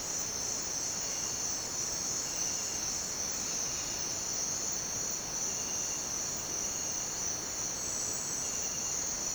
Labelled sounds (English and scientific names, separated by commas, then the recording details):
none
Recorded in dense forest near Puerto Asís, Putumayo, Colombia, on 29 June 2025 at 06:30
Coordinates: 0.484, -76.317
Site G045